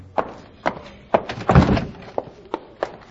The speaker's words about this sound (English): When Jingles started to look in the back room, Spike jumped him, and Jingles had to knock down the cafe owner.